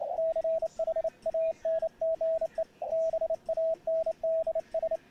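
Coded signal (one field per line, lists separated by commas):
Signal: Morse code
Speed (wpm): 27 wpm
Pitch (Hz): 650 Hz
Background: radio noise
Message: CHANGE BANDS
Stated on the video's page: Ragchew sent with a bug key on a homemade multi-band vertical antenna.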